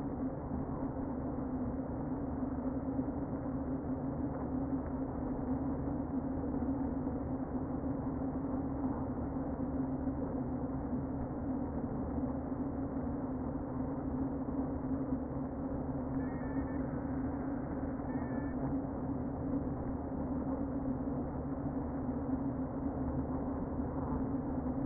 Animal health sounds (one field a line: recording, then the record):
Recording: honeybee colony, microphone inside the hive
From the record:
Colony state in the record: queen present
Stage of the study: before two queens were removed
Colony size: about 60,000 bees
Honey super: yes